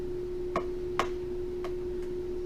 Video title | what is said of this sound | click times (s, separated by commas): ipad air screen replacement | you'll hear them click. And they're clicked in there like that. | 0.6 s, 1.0 s